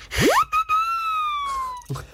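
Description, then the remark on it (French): A slide whistle, a classic cartoon sound effect, swoops quickly upward, then holds a bright, pure tone that sinks slowly in pitch for over a second before cutting off, with a brief soft noise at the end. “Le sifflet, les flûtes à pistons.”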